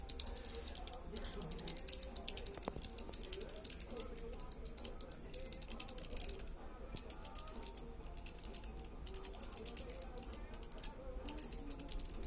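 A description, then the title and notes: Rapid typing on a keyboard, a dense, fairly steady stream of sharp, bright clicks running the whole twelve seconds with only brief slowdowns near the middle and end. A low, constant hum sits underneath, with faint murmuring tones in the background. Ufa KeebMeet 2019 Snag typing demo 220 CPM.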